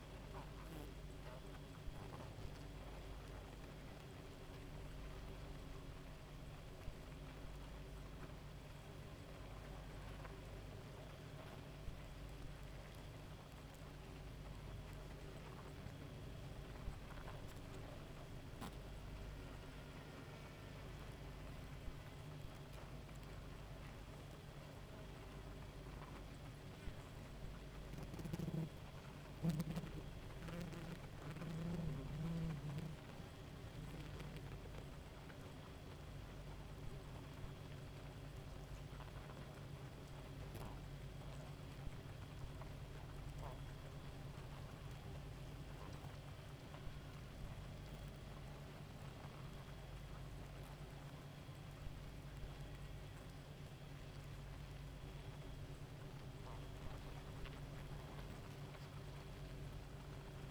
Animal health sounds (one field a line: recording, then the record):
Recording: honeybee colony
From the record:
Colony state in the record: active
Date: 28 July 2017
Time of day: 1:41